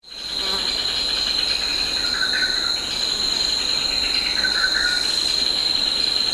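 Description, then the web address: Insects in chorus, a shrill continuous whine that swells in quickly, with two brief buzzy bursts. Insects in a tropical forest. "Tom Hutchings Insects Tropical"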